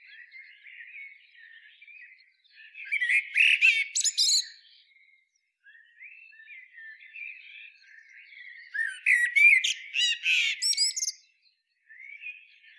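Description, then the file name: Common blackbird song: low warbled whistles followed by bursts of higher, squeaky twittering, in two main phrases with softer fluting between them. "Turdus merula"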